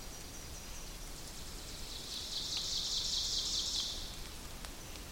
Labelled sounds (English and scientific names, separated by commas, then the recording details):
Ovenbird (Seiurus aurocapilla) song
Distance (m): 55 m
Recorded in boreal forest in Alberta, Canada, on 2 June 2016 at 06:45
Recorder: SongMeter 3, array SBT-3-7
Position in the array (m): 193 m, 4 m
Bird 6